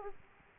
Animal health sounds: mosquito wingbeat signal from an infrared sensor; Aedes aegypti

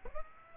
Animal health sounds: mosquito wingbeat signal from an infrared sensor; Aedes aegypti

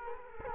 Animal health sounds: mosquito wingbeat signal from an infrared sensor; Culex quinquefasciatus

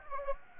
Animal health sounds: mosquito wingbeat signal from an infrared sensor; Anopheles gambiae

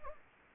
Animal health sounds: mosquito wingbeat signal from an infrared sensor; Anopheles gambiae

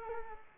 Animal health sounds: mosquito wingbeat signal from an infrared sensor; Culex quinquefasciatus

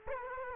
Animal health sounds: mosquito wingbeat signal from an infrared sensor; Culex quinquefasciatus

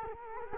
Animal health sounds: mosquito wingbeat signal from an infrared sensor; Culex quinquefasciatus

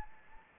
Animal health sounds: mosquito wingbeat signal from an infrared sensor; Anopheles gambiae

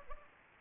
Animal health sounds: mosquito wingbeat signal from an infrared sensor; Aedes aegypti

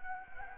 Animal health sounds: mosquito wingbeat signal from an infrared sensor; Anopheles gambiae

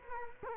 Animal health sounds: mosquito wingbeat signal from an infrared sensor; Culex quinquefasciatus

